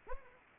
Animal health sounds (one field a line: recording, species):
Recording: mosquito wingbeat signal from an infrared sensor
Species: Anopheles arabiensis